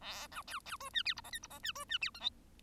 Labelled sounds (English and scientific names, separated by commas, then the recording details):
Bengalese Finch (Lonchura striata domestica) song
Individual Bird1